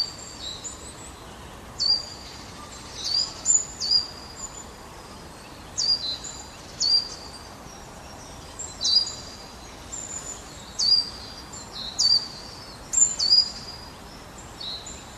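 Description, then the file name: Great tit calling: high, sharp notes in small clusters, each with a quick downward flick, over a faint constant hiss. "Parus major"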